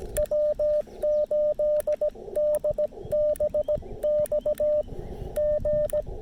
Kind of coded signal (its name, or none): Morse code